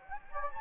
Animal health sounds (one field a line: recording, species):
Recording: mosquito wingbeat signal from an infrared sensor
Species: Anopheles gambiae